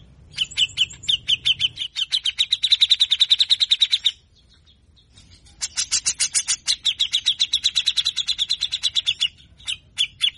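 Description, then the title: Grey-cheeked Bulbul delivering two long runs of fast, grating repeated notes with a brief silent gap between them. Long, harsh 'besetan kasar' calls used as training material to stimulate a caged bird to sing quickly. "MASTERAN CUCAK JENGGOT GACOR FULL BESETAN KASAR DURASI PANJANG !!!. Besetanya Efektif Rangsang Bunyi Dan emosi CUCAK JENGGOT bahan Agar Cepat Gacor"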